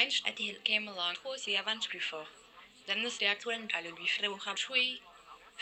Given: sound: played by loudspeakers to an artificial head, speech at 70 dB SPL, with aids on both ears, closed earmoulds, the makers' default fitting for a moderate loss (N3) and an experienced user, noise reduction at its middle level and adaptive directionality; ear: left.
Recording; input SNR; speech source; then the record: speech test signal (ISTS) in cocktail-party noise; +6 dB; in front (0 degrees)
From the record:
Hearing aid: class 1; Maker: I